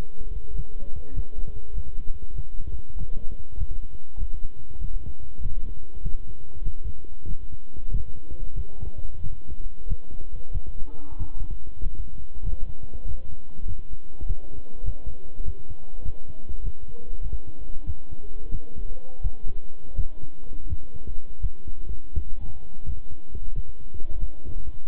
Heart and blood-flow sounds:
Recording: heart sounds by stethoscope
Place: between the tricuspid and mitral areas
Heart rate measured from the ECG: 94 bpm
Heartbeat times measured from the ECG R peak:
0.54 s: heartbeat
1.13 s: heartbeat
1.73 s: heartbeat
2.33 s: heartbeat
2.95 s: heartbeat
3.56 s: heartbeat
4.17 s: heartbeat
4.79 s: heartbeat
5.40 s: heartbeat
6.01 s: heartbeat
6.62 s: heartbeat
7.26 s: heartbeat
7.89 s: heartbeat
8.53 s: heartbeat
9.21 s: heartbeat
9.86 s: heartbeat
10.51 s: heartbeat
11.16 s: heartbeat
11.81 s: heartbeat
12.42 s: heartbeat
13.05 s: heartbeat
13.66 s: heartbeat
14.25 s: heartbeat
14.83 s: heartbeat
15.43 s: heartbeat
16.02 s: heartbeat
16.62 s: heartbeat
17.20 s: heartbeat
17.84 s: heartbeat
18.49 s: heartbeat
19.21 s: heartbeat
19.94 s: heartbeat
20.67 s: heartbeat
21.40 s: heartbeat
22.13 s: heartbeat
22.84 s: heartbeat
23.53 s: heartbeat
24.18 s: heartbeat
24.85 s: heartbeat
From the record:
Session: walking at 3.7 km/h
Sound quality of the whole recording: good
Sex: male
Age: 26 years

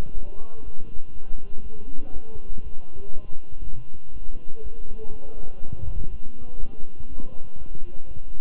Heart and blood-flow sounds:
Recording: heart sounds by stethoscope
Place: between the tricuspid and mitral areas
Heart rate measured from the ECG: 121 bpm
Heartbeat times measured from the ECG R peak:
0.14 s: heartbeat
0.63 s: heartbeat
1.13 s: heartbeat
1.62 s: heartbeat
2.12 s: heartbeat
2.62 s: heartbeat
3.13 s: heartbeat
3.63 s: heartbeat
4.12 s: heartbeat
4.62 s: heartbeat
5.12 s: heartbeat
5.61 s: heartbeat
6.10 s: heartbeat
6.59 s: heartbeat
7.08 s: heartbeat
7.58 s: heartbeat
8.07 s: heartbeat
From the record:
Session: walking at 3.7 km/h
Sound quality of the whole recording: good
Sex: male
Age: 23 years

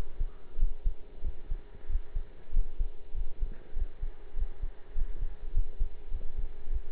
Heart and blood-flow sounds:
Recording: heart sounds by stethoscope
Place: between the tricuspid and mitral areas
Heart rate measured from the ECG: 98 bpm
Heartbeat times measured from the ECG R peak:
0.58 s: heartbeat
1.22 s: heartbeat
1.88 s: heartbeat
2.52 s: heartbeat
3.14 s: heartbeat
3.74 s: heartbeat
4.35 s: heartbeat
4.94 s: heartbeat
5.52 s: heartbeat
6.10 s: heartbeat
6.69 s: heartbeat
From the record:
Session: pedaling a stationary bicycle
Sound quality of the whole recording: partially saturated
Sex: male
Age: 23 years

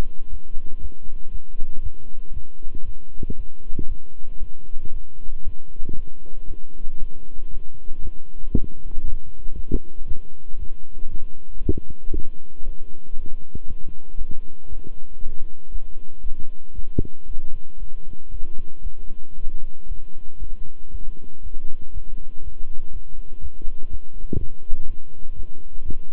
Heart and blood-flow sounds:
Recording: heart sounds by stethoscope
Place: between the tricuspid and mitral areas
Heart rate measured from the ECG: 117 bpm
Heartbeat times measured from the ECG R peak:
0.29 s: heartbeat
0.80 s: heartbeat
1.30 s: heartbeat
1.81 s: heartbeat
2.32 s: heartbeat
2.83 s: heartbeat
3.35 s: heartbeat
3.87 s: heartbeat
4.38 s: heartbeat
4.91 s: heartbeat
5.43 s: heartbeat
5.94 s: heartbeat
6.46 s: heartbeat
6.98 s: heartbeat
7.50 s: heartbeat
8.01 s: heartbeat
8.52 s: heartbeat
9.03 s: heartbeat
9.54 s: heartbeat
10.06 s: heartbeat
10.58 s: heartbeat
11.09 s: heartbeat
11.61 s: heartbeat
12.12 s: heartbeat
12.64 s: heartbeat
13.15 s: heartbeat
13.66 s: heartbeat
14.17 s: heartbeat
14.68 s: heartbeat
15.19 s: heartbeat
15.70 s: heartbeat
16.22 s: heartbeat
16.74 s: heartbeat
17.26 s: heartbeat
17.78 s: heartbeat
18.30 s: heartbeat
18.82 s: heartbeat
19.34 s: heartbeat
19.86 s: heartbeat
20.38 s: heartbeat
20.90 s: heartbeat
21.42 s: heartbeat
21.92 s: heartbeat
22.42 s: heartbeat
22.91 s: heartbeat
23.40 s: heartbeat
23.89 s: heartbeat
24.37 s: heartbeat
24.86 s: heartbeat
25.34 s: heartbeat
25.84 s: heartbeat
From the record:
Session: walking at 3.7 km/h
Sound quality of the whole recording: good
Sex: male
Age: 26 years

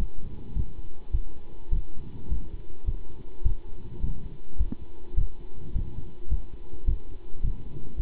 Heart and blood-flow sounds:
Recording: heart sounds by stethoscope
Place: between the tricuspid and mitral areas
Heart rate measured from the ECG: 105 bpm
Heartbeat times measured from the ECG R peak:
0.56 s: heartbeat
1.13 s: heartbeat
1.72 s: heartbeat
2.31 s: heartbeat
2.87 s: heartbeat
3.45 s: heartbeat
4.03 s: heartbeat
4.59 s: heartbeat
5.17 s: heartbeat
5.75 s: heartbeat
6.31 s: heartbeat
6.88 s: heartbeat
7.44 s: heartbeat
7.98 s: heartbeat
From the record:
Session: pedaling a stationary bicycle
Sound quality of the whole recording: good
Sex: male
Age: 27 years

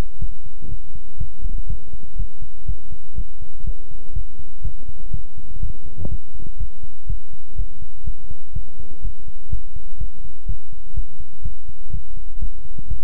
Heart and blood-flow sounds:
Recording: heart sounds by stethoscope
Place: between the tricuspid and mitral areas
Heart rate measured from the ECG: 123 bpm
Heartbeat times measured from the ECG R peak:
0.19 s: heartbeat
0.69 s: heartbeat
1.18 s: heartbeat
1.67 s: heartbeat
2.17 s: heartbeat
2.66 s: heartbeat
3.15 s: heartbeat
3.64 s: heartbeat
4.13 s: heartbeat
4.62 s: heartbeat
5.11 s: heartbeat
5.60 s: heartbeat
6.09 s: heartbeat
6.57 s: heartbeat
7.07 s: heartbeat
7.56 s: heartbeat
8.04 s: heartbeat
8.53 s: heartbeat
9.02 s: heartbeat
9.50 s: heartbeat
9.98 s: heartbeat
10.46 s: heartbeat
10.94 s: heartbeat
11.42 s: heartbeat
11.91 s: heartbeat
12.39 s: heartbeat
12.88 s: heartbeat
From the record:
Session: pedaling a stationary bicycle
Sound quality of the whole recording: good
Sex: male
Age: 24 years

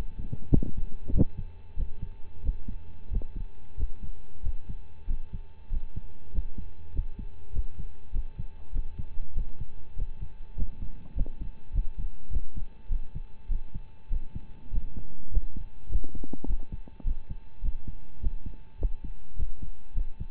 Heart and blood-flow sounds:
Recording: heart sounds by stethoscope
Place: between the tricuspid and mitral areas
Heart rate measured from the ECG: 99 bpm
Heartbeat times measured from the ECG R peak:
0.51 s: heartbeat
1.11 s: heartbeat
1.75 s: heartbeat
2.42 s: heartbeat
3.09 s: heartbeat
3.76 s: heartbeat
4.42 s: heartbeat
5.06 s: heartbeat
5.69 s: heartbeat
6.31 s: heartbeat
6.92 s: heartbeat
7.52 s: heartbeat
8.12 s: heartbeat
8.72 s: heartbeat
9.33 s: heartbeat
9.95 s: heartbeat
10.55 s: heartbeat
11.14 s: heartbeat
11.72 s: heartbeat
12.30 s: heartbeat
12.88 s: heartbeat
13.48 s: heartbeat
14.09 s: heartbeat
14.70 s: heartbeat
15.30 s: heartbeat
15.88 s: heartbeat
16.46 s: heartbeat
17.03 s: heartbeat
17.61 s: heartbeat
18.19 s: heartbeat
18.78 s: heartbeat
19.35 s: heartbeat
19.93 s: heartbeat
From the record:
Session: rest, lying down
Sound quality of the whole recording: partially saturated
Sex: male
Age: 25 years

